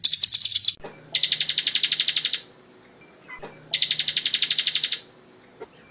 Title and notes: Ciblek Ngebren Untuk Masteran Murai Batu. Suara burung ciblek